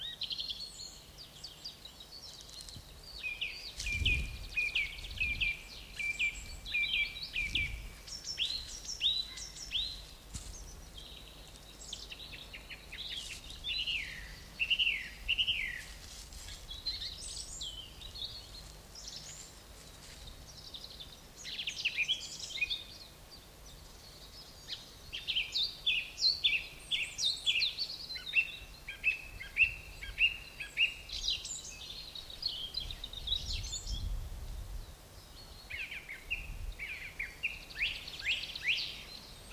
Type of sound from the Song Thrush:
song